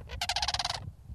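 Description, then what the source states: Greater Sandhill Crane giving a loud rolling, rattling call, a fast run of harsh pulses lasting over half a second, over a low rumble. Pair of adult cranes defending their nest when someone gets too close; nesting near Howard Prairie Lake in the Cascades mountain lakes, Oregon; June.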